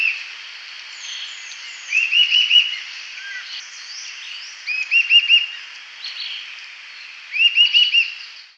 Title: LuckyPassaro Completos2Sama. Eastern Sirystes (Sirystes sibilator)